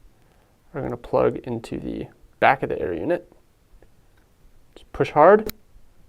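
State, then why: Not seated. An antenna connector is being handled and pushed hard toward the back of an FPV drone's video air unit. Someone talks while a few faint ticks sound between the words, the sharpest near 4.8 s. Nothing has seated or clicked into place yet.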